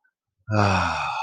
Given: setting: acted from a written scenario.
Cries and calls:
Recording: vocal sound without words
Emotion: serenity

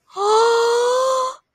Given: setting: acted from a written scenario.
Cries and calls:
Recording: vocal sound without words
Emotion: positive surprise

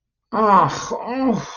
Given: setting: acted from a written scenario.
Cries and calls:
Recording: vocal sound without words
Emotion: distress

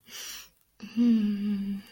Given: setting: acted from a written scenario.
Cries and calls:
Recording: vocal sound without words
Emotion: serenity

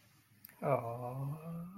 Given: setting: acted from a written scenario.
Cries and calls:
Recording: vocal sound without words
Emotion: adoration

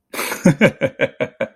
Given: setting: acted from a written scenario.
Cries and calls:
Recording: vocal sound without words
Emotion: amusement

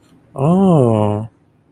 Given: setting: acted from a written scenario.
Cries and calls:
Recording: vocal sound without words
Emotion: interest

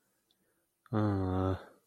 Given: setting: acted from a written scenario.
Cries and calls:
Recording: vocal sound without words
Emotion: guilt

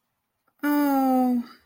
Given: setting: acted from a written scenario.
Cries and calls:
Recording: vocal sound without words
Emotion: sympathy

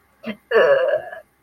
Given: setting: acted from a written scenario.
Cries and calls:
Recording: vocal sound without words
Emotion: disgust

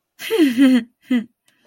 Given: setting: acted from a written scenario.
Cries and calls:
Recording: vocal sound without words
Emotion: pride

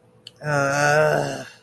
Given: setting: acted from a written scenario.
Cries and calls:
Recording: vocal sound without words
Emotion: shame

